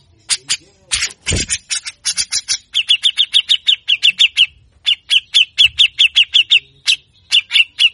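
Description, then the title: Grey-cheeked bulbul producing brisk, harsh chattering trills of quickly repeated notes, with a brief low thud near the start. Training recording (masteran) for songbirds; the bird sings persistently in a harsh, rapid style (besetan kasar, mbeset ngotot), long duration, meant to provoke other birds. "MASTERAN CUCAK JENGGOT GACOR FULL BESETAN KASAR DURASI PANJANG !!!. Cucak Jenggot Gacor Mbeset Ngotot Pancing Emosi Burung Bahan Bagus Untuk MASTERAN"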